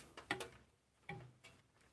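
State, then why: Seated. A keyed SATA data cable with a plastic plug is pushed into its SATA port on a drive or motherboard, only one way round and without forcing it. A sharp click at 0.3 s shows it has seated, followed by softer ticks and another short click around 1.1 s.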